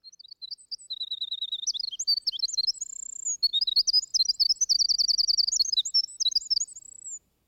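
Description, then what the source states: Winter Wren song: a long, rapid, high tinkling stream of trills and warbles, with a clear sustained note in the middle, running for about seven seconds. Library recording played in an audiobook; song very strong for so small a bird, brilliant and plaintive, like a tremulous vibrating tongue of silver, gushing and lyrical.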